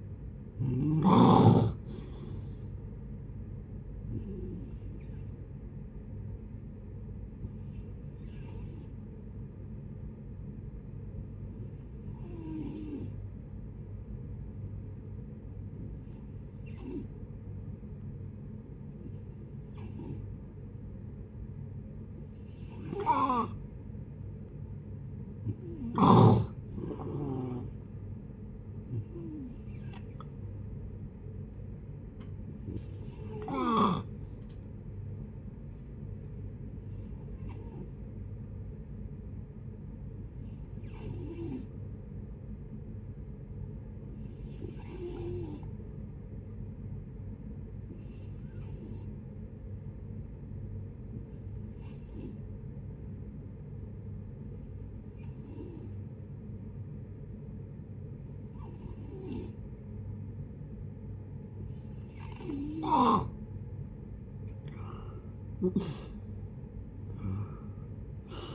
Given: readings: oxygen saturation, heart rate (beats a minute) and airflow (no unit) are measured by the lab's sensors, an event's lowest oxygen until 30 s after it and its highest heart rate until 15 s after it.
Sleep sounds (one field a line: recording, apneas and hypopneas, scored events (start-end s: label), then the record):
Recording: breathing in sleep by a smartphone at the bedside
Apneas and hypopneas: 2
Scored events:
9.00-23.30 s: hypopnea (N1, oxygen 92% highest, then 87% lowest, heart rate 69 at the start, 71 highest)
24.00-54.00 s: new sleep stage, N2 (light sleep)
36.00-62.80 s: hypopnea (N2, oxygen 92% highest, then 83% lowest, heart rate 68 at the start, 77 highest)
54.00-68.55 s: new sleep stage, N1 (lightest sleep)
From the record:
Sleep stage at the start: N1 (lightest sleep)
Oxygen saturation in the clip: 87 to 92%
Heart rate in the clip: 62 to 74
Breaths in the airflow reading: 20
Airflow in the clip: -9.6 to 10.8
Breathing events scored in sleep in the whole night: 496 in 5.4 hours asleep